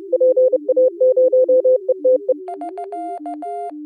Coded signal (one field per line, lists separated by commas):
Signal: Morse code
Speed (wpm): 24 wpm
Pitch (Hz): 510 Hz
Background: music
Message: PA0ETE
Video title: Daily Minutes, December 3, 2015, with low level Contestia data and 8PSK125